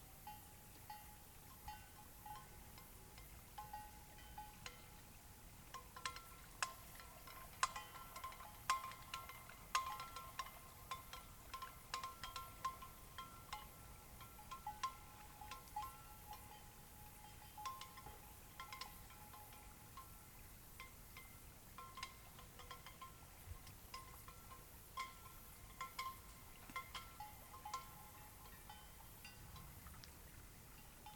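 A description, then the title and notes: A cloudy night beside Taylor Lake: a steady soft hiss fills the background while short, bright, chime-like pips ring out irregularly, often several seconds apart. Scattered faint ticks and clicks come and go throughout, and the overall level stays low and even. This was recorded on a cloudy night beside Taylor Lake in the Russian Wilderness, Klamath National Forest, Siskiyou County, California. The recording starts at around midnight and continues until sunrise. The night was fairly calm with a faint breeze blowing through the treetops. Midnight Till Morning Beside Taylor Lake.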